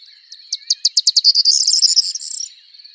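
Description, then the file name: Corn bunting song of dry ticks that speed up and merge into a rattling, jangling jingle, over a steady high-pitched background hum. "Bruant proyer"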